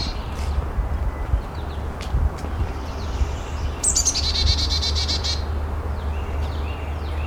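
Chickadee call: a single harsh, buzzy chick-a-dee phrase of sharp opening notes and rasping dees lasting over a second, amid faint chips and a low droning hum.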